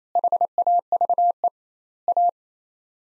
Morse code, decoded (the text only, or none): HAVE A